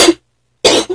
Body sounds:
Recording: coughing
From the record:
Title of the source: 61 morning phlegmy cough...again

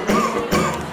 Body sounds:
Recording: coughing mixed with background sound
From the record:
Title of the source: Wet Throat Infection Cough

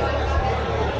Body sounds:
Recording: background sound without coughing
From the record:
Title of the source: CITY SOUNDS Busy Bar in the Evening Night - 2 HOURS of Ambiance for Relaxation

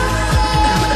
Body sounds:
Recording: coughing mixed with background sound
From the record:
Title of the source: female coughing - coughing sound effects girl

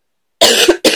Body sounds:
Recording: coughing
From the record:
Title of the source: 55 gaggy wet cough

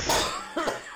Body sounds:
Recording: coughing mixed with background sound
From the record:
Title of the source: Spring Allergy Coughing

